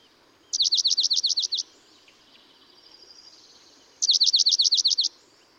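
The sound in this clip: Dark-eyed junco song: a pair of rapid trills of slurred notes, about a second long each, with a gap of over two seconds.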